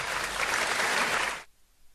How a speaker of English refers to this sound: They're clapping a ton